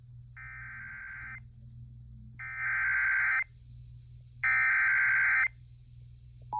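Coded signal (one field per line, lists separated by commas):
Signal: Emergency Alert System (SAME) tones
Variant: header bursts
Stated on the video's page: EAS severe thunderstorm warning aired on an FM radio station at 100.7 FM.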